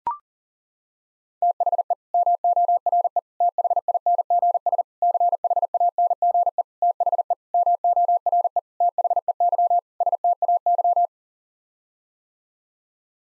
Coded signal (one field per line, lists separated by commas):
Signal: Morse code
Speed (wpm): 40 wpm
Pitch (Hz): 700 Hz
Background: none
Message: THE MORE THINGS CHANGE THE MORE THEY STAY